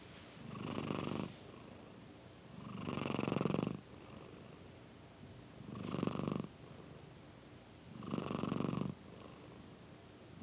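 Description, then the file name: Domestic cat purring in low rumbling bursts, four louder bursts roughly every two and a half seconds. "mindmapthat - Purring Cat"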